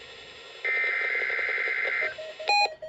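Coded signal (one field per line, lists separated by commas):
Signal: Emergency Alert System (SAME) tones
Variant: header bursts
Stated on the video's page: Required weekly test on NOAA weather radio, 162.425 MHz, transmitter serving Janesville, Wisconsin.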